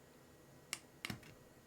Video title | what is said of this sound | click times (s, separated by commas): NOT a JOKE this time - Samsung Galaxy Power Button Fix | you go that was two clicks so we're good there | 0.7 s, 1.0 s